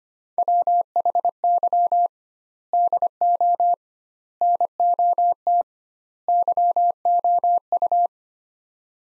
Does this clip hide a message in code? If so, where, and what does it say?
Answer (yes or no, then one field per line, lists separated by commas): yes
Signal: Morse code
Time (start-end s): 0.4-8.1 s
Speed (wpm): 25 wpm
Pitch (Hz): 700 Hz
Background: none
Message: WHY DO NOT YOU